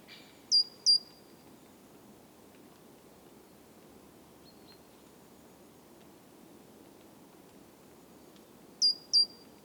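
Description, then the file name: Great tit calls: pairs of high, thin, downslurred notes at the start and again near the end, with a steady low background hum between them. "Parus major"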